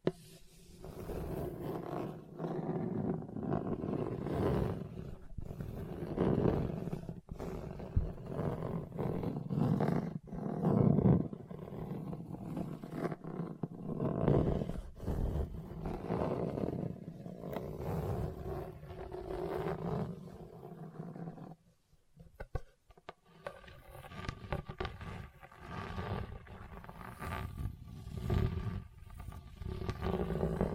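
Rough scraping and scratching across a hard, bumpy surface, a dense low grinding that rises and falls in uneven strokes for the first twenty seconds. After a brief near-silence around 21 seconds, a thinner, rattling scrape with faint steady tones continues to the end.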